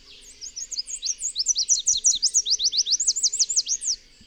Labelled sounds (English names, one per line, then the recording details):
Chestnut-capped Warbler song
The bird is a male
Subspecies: delattrii
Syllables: 26
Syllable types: 15
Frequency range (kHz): 3.2-9.7 kHz
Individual FV-D12-M